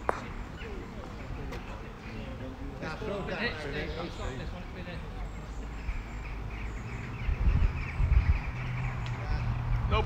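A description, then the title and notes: Outdoors at a crown green bowling club, voices chatter steadily with a few birds, and a low rumble swells near the end. Crown green bowling club in Macclesfield, England, UK in June 2022 – by Geoff Bird.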